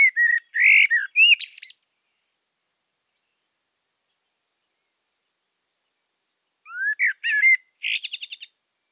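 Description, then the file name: Common blackbird singing two phrases several seconds apart. Each opens with low, rich whistled notes and closes with a thin, scratchy, high twittering flourish. "Turdus merula"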